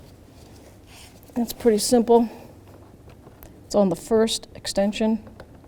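Plastic retaining clips for the door trim panel of a 2005–2010 Jeep Grand Cherokee are handled while being pushed back onto the trim panel one by one during a front window regulator replacement. Someone talks throughout, with a few faint handling taps between phrases. Nothing has seated or clicked yet.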